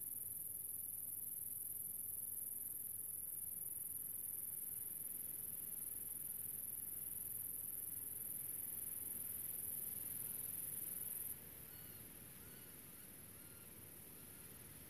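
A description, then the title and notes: A summer countryside scene, carried by a constant high, piercing buzz of insects that fills the first eleven seconds and then softens and thins. Beneath it runs a low, steady rumble, with faint, scattered calls appearing toward the end. Relaxing Sounds - Nature - Grasshopper. This was recorded a few years ago when i was filming a documentary in a small town called General Alvear. I found myself in the middle of the countryside under the summer sun and this little grasshoper appeard.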